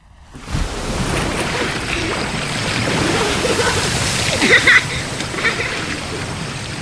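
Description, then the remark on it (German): Ocean waves at Honolulu, Hawaii, in summer 1952, as a two-year-old paddles with his father through the surf: a steady, broad rush of surf, punctuated by a couple of brighter splashes toward the end, continuing without pause after a quiet start. “Ein Zweijähriger paddelt mit seinem Vater durch die Wellen.”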